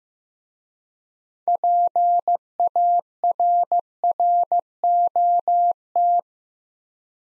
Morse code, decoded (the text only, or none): PARROT